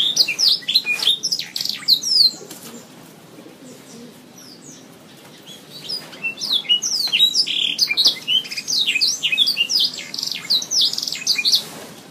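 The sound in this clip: Oriental magpie-robin song: two bursts of rapid, varied whistles, chirps and buzzy trills, with a quieter pause between them and a low background hiss.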